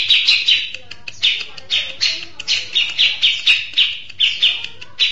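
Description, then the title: Mixed birds giving loud bright chirps in a steady rhythm, several each second, with softer twitters between. "Burung Campur2"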